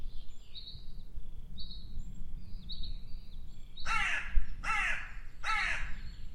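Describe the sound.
Bird gives three harsh, grating caws under a second apart, after several short high whistles, over a low, noisy background.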